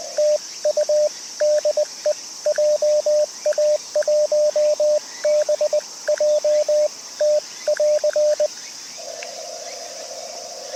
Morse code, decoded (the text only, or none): TU DE JA1BJT <AR>